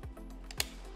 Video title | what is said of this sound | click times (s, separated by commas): AVUS 2 Air - robuster Buggy mit Lufträdern (Modell 2025) - ABC Design | you just clip it in here, until it clicks. | 0.5 s, 0.6 s